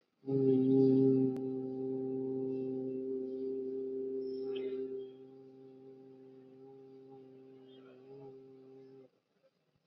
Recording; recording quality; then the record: sustained vowel as in boot; excellent, no background noise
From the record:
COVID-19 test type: RT-PCR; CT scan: not taken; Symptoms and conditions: cough, sore throat, fever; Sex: male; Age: 20 years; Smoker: no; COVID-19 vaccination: both doses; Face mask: worn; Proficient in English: yes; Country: India